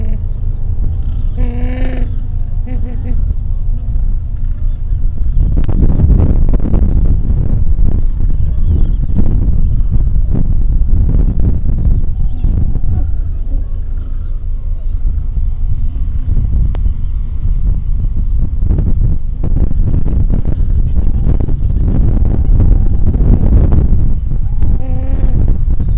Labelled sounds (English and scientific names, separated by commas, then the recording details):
Gentoo Penguin (Pygoscelis papua)
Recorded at the colony at Whistle Cove, on 23 December 2014
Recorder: Song Meter SM2+